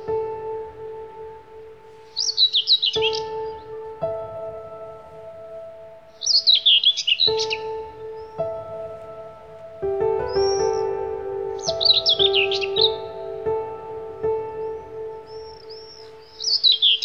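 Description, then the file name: Bird song in short bursts of high, rapidly descending chirpy phrases every few seconds, over steady low humming tones and a soft background drone. "Bird Song Group - Chirping"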